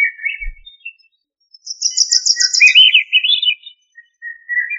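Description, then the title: Thrush song: short warbled phrases near the middle pitch range, then a rapid high-pitched trilled run, followed by rising and falling musical notes and a final soft whistle. "Familia Turdidae - Sabia"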